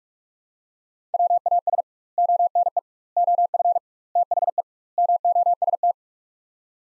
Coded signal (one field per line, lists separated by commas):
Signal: Morse code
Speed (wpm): 46 wpm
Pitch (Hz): 700 Hz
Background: none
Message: WAS ONE OF THE MOST